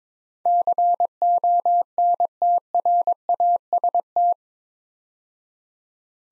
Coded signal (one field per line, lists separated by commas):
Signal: Morse code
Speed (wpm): 22 wpm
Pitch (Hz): 700 Hz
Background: none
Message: CONTRAST